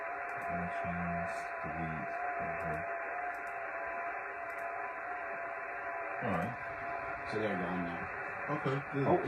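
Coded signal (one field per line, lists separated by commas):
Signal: FT8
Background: speech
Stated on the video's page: FT8 and FT4 signals on a Yaesu FT-991 during a first digital-mode session.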